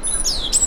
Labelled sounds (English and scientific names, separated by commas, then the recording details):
Stitchbird (Notiomystis cincta) song
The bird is a male
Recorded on Tiritiri Matangi Island, New Zealand, in 2005
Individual 1, of nest box 1